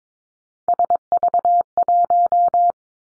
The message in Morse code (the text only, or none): SV1